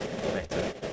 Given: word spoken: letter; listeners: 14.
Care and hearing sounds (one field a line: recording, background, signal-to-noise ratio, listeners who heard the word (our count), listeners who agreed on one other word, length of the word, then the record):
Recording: one English word in noise, from a listening test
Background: noise modulated by three-talker babble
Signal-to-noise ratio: -5.2 dB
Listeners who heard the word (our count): 0 of 14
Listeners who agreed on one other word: 14 of 14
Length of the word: 0.53 s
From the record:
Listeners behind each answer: 14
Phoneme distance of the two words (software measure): 10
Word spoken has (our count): 2 syllables, 5 phonemes, stress on syllable 1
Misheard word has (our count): 2 syllables, 5 phonemes, stress on syllable 1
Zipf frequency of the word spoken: 4.85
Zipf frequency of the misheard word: 5.76